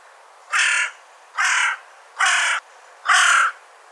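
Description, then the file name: Carrion crow giving four harsh, hoarse caws, each a little under half a second long, spaced roughly evenly nearly a second apart. "Corvus corone"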